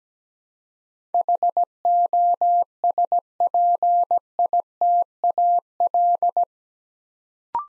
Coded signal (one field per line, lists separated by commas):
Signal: Morse code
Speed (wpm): 17 wpm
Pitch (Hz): 700 Hz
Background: none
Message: HOSPITAL